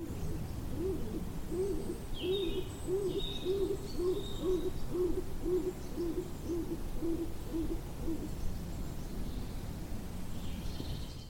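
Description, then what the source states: Stock Dove cooing: a low, rhythmic series of short hollow coos, about two a second for eight seconds, with faint high chirps of other birds over steady background hiss. Described as a funny little noise; stock doves have declined greatly in Britain. Recorded by the River Isle on the Somerset Levels in very early spring.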